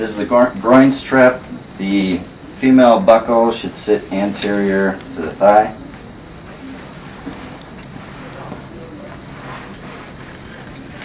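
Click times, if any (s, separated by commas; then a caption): none. Someone talks while positioning the female buckle of the groin strap on a Slishman traction splint (first version with cam locks) in front of the thigh and bringing the two buckle halves together. After the talking stops at about 5.8 s, only faint low handling noise remains. The buckle has not snapped in or clicked yet.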